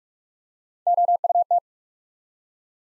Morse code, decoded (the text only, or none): OUT